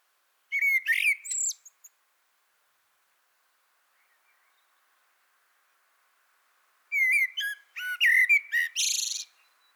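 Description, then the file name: Common blackbird singing a brief warbled phrase, then after a pause a longer run of mellow whistles ending in a harsh, hissing high-pitched squeak. "Turdus merula"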